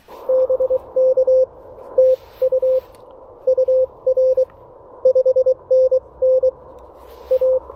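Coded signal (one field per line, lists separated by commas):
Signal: Morse code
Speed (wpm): 23 wpm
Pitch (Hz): 520 Hz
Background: none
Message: BK TU UR 5NN A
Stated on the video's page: POTA activation with an Elecraft KX1 using attachable paddles, end-fed antenna, battery powered QRP.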